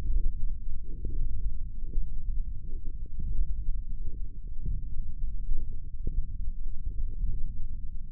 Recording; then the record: forearm muscle sounds (acoustic myography)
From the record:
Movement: index flexion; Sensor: system 1, eight BSWA MPA416 microphones around the upper forearm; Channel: 5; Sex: male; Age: 20 years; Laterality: left